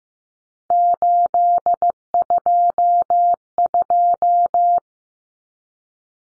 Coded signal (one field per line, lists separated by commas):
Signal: Morse code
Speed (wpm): 15 wpm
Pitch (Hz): 700 Hz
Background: none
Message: 822